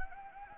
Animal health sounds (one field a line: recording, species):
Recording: mosquito wingbeat signal from an infrared sensor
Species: Anopheles gambiae